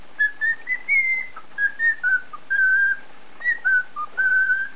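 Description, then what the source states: Cockatiel whistling: a string of clear, short whistled notes around the same pitch, some flat, some slightly rising or falling, with brief pauses between them. Whistling (siulan).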